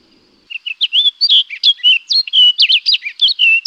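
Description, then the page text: Orchard oriole giving a hurried sequence of bright whistled and buzzy notes, varied and tumbling, continuing without pause to the end. "Orchard Oriole. Quick Sounds"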